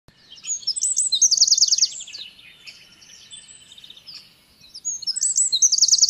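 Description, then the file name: Eurasian wren song: two bursts of high, rapid, buzzy trills and sharp twittering notes separated by a short quiet gap. "Troglodytes troglodytes"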